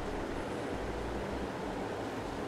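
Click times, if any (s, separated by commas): none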